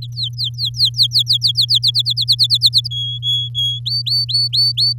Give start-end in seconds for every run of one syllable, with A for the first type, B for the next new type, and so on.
0.02-1.65 A, 1.68-2.88 B, 2.91-3.79 C, 3.85-4.93 D